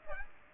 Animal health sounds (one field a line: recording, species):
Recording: mosquito wingbeat signal from an infrared sensor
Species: Aedes aegypti